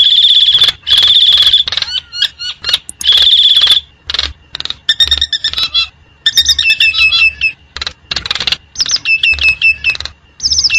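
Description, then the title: Lovebird calls, loud shrill whistled notes and bursts of harsh chattering, with sharp squeaky chirps repeated in quick clusters throughout. Lovebird calls used as a lure to trap birds. "PIKAT BURUNG LOVEBIRD"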